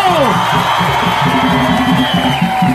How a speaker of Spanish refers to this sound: Amigos, amigos y amigas de Medellín, de la Medellín humana, democrática y plural. No querían que estuviéramos y en este momento. ¡Fuerte el aplauso para Gustavo Petro!